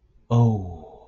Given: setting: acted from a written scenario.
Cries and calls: vocal sound without words; awe

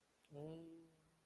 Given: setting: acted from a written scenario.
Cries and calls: vocal sound without words; embarrassment

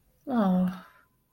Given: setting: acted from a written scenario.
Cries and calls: vocal sound without words; guilt

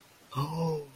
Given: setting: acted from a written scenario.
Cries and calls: vocal sound without words; positive surprise

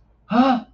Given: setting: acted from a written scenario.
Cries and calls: vocal sound without words; negative surprise

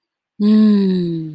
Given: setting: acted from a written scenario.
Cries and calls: vocal sound without words; ecstasy

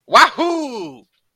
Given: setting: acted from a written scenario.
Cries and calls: vocal sound without words; triumph

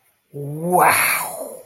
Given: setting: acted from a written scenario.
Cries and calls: vocal sound without words; triumph

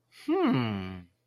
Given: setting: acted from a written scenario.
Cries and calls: vocal sound without words; interest

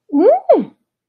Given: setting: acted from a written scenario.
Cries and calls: vocal sound without words; fear

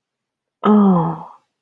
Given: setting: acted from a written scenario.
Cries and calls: vocal sound without words; shame

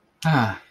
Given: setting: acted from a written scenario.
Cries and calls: vocal sound without words; romantic love

